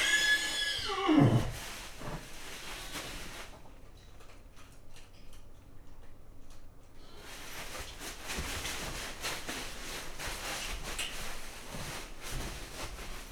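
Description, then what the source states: Horse whinny: one shrill, quavering neigh sliding steeply down in pitch at the start, then a lull, followed by steady rustling and shuffling noises. Nervous, agitated horse in a stable on a farmyard.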